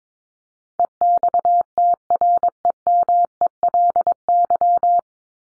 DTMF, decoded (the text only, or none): none